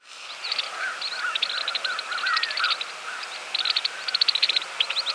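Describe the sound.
Smith's longspur giving dry, clicking rattles in quick bursts, overlapped by softer lower warbled notes.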